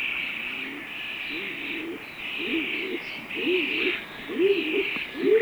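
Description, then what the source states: Stock Dove giving a run of deep, hollow coos at about one per second. Sweden.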